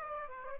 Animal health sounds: mosquito wingbeat signal from an infrared sensor; Aedes aegypti

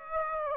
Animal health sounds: mosquito wingbeat signal from an infrared sensor; Aedes aegypti

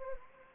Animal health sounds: mosquito wingbeat signal from an infrared sensor; Anopheles gambiae

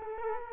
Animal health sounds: mosquito wingbeat signal from an infrared sensor; Culex quinquefasciatus

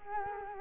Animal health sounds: mosquito wingbeat signal from an infrared sensor; Culex quinquefasciatus

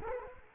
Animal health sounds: mosquito wingbeat signal from an infrared sensor; Culex quinquefasciatus

